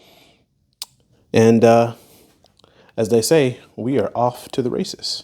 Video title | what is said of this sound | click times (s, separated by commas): Chasing down P0171 CEL Issues-part 1 | Fu rail line that should click in the place like so | 0.8 s